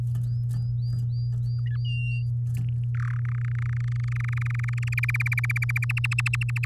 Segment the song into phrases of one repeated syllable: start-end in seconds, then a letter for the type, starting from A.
2.95-3.17 A, 3.19-4.89 B, 4.92-5.85 C, 5.89-6.65 D